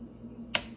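A plastic bulb socket on the back of a Toyota Sera instrument gauge cluster is turned a quarter turn in its housing over a low steady hum. A sharp click sounds at 0.55 s as the socket releases and comes free of the cluster.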